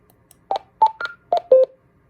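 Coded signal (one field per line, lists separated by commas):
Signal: roger beep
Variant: Close Encounters five-tone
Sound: five quick melodic beeps rising then falling, the final lower tone held slightly longer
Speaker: And we're going to play it, see what it sounds like.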